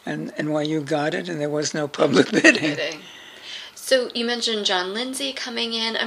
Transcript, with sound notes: And NYU got it and there was no public bidding [laughs]
Anything. So you mentioned John Lindsey coming in.